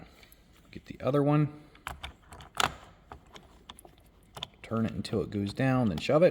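Someone talks while the second plastic attachment is handled on the underside of an ECOVACS Deebot T20 Omni robot vacuum, being turned until it drops onto its mount before it is shoved home. Brief sharp clicks and knocks from the handling sound throughout, the loudest around 1.9, 2.6 and 4.4 seconds. Nothing has seated or clicked into place yet.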